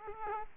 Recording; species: mosquito wingbeat signal from an infrared sensor; Aedes albopictus